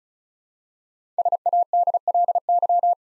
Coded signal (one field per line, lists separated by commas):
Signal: Morse code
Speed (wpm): 36 wpm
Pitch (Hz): 700 Hz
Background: none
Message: SADLY